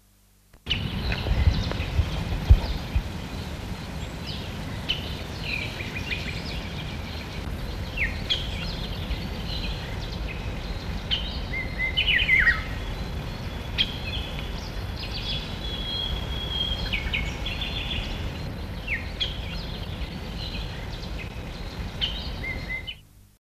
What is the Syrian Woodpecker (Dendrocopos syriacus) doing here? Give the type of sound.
call